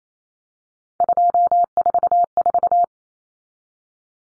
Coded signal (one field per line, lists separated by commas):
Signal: Morse code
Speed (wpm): 28 wpm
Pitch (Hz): 700 Hz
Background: none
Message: 244